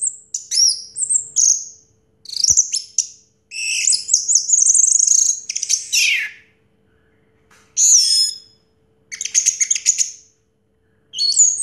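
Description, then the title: Orange-headed thrush song: varied high whistles, squeaks and rapid rattling notes in separate phrases, with a single sharp click. Call used to prompt a silent orange-headed thrush to sing. "Anis Merah Macet.. Pancing Dengan Suara Ini.. # Anis Merah"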